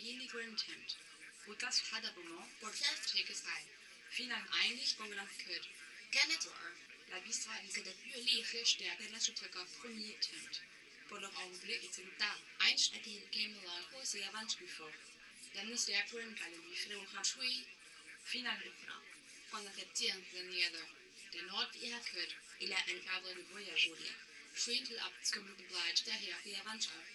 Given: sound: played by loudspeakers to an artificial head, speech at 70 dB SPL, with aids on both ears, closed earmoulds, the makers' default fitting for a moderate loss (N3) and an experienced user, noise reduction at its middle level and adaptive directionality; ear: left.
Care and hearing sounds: speech test signal (ISTS) in cocktail-party noise; +9 dB; on the right (90 degrees)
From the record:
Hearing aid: class 2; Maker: H

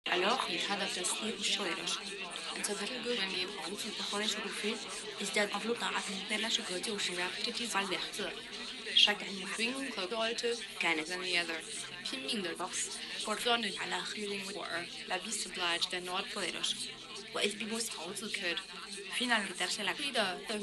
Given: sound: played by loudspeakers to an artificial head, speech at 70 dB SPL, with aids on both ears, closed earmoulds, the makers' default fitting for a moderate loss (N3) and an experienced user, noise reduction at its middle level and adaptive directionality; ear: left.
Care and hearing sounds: speech test signal (ISTS) in cocktail-party noise; 0 dB; in front (0 degrees)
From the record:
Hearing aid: class 1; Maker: E

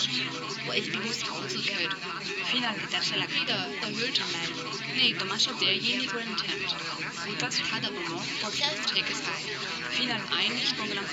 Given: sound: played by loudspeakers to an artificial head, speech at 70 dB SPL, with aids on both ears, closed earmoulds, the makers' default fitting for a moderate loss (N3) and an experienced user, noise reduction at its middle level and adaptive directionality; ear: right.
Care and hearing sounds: speech test signal (ISTS) in cocktail-party noise; -6 dB; on the right (90 degrees)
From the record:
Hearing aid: class 1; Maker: A

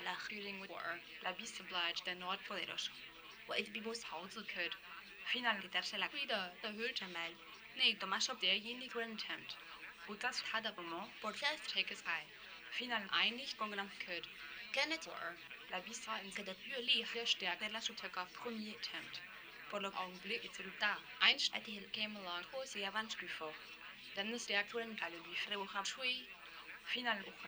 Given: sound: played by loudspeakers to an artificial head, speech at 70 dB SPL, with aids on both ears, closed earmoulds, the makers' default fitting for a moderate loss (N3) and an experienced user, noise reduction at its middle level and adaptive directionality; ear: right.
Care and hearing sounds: speech test signal (ISTS) in cocktail-party noise; +9 dB; on the right (90 degrees)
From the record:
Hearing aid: class 2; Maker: F

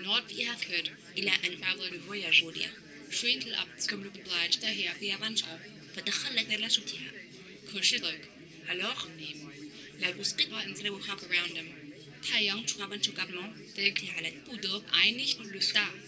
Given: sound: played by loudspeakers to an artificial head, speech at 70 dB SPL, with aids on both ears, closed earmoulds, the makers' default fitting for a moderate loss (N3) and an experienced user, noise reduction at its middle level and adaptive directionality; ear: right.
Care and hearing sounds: speech test signal (ISTS) in cocktail-party noise; +3 dB; in front (0 degrees)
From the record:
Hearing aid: class 2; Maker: J

